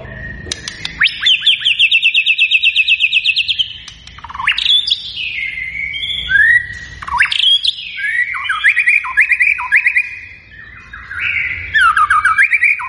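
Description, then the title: White-rumped shama song, beginning with a long fast rattling trill, then loud varied whistles, sweeps and chattering phrases. Vigorously singing shama; lure recording said to make birds respond at once on hearing it. "PANCINGAN MURAI BATU GACOR"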